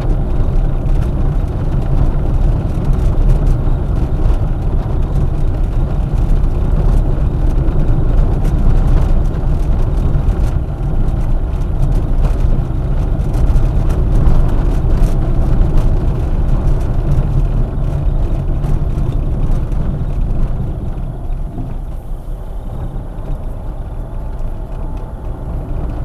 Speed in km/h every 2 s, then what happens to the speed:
27, 27, 26, 27, 27, 27, 27, 26, 25, 16, 8, 9, 8.
0-13 steady at about 27. 13-19 slows to 8. 19-26 steady at about 8.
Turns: 19-26.